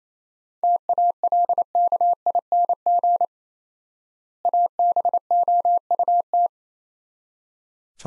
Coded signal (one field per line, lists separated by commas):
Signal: Morse code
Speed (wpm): 28 wpm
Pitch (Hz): 700 Hz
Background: none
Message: TALKING ABOUT